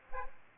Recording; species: mosquito wingbeat signal from an infrared sensor; Aedes aegypti